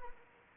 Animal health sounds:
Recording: mosquito wingbeat signal from an infrared sensor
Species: Anopheles arabiensis

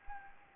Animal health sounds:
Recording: mosquito wingbeat signal from an infrared sensor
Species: Anopheles gambiae

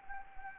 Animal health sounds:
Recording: mosquito wingbeat signal from an infrared sensor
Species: Anopheles gambiae

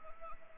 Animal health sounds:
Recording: mosquito wingbeat signal from an infrared sensor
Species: Anopheles arabiensis

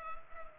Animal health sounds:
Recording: mosquito wingbeat signal from an infrared sensor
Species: Culex pipiens

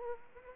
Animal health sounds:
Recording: mosquito wingbeat signal from an infrared sensor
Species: Aedes aegypti

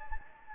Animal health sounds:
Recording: mosquito wingbeat signal from an infrared sensor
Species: Anopheles gambiae

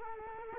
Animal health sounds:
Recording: mosquito wingbeat signal from an infrared sensor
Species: Culex quinquefasciatus

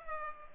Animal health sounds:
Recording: mosquito wingbeat signal from an infrared sensor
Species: Culex pipiens

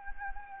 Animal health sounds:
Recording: mosquito wingbeat signal from an infrared sensor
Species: Anopheles gambiae

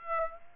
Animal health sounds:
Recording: mosquito wingbeat signal from an infrared sensor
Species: Aedes aegypti

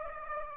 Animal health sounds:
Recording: mosquito wingbeat signal from an infrared sensor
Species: Aedes aegypti

